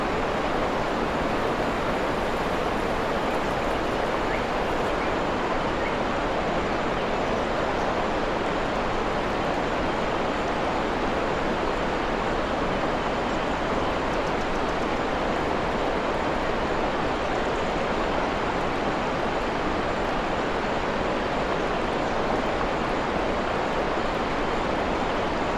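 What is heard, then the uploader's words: A waterfall pours without pause in a forest clearing, a dense, steady rush that stays constant for the whole clip. The sound is full, spread from low rumble up to a bright hiss, with no separate events or changes in level. Waterfall in a Forest Clearing. This one we recorded is in Wales.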